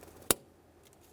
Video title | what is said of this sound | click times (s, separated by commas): How to Replace Brake Light Switch 2007-2013 Acura MDX | once you've heard that click we'll give it a little tug | 0.3 s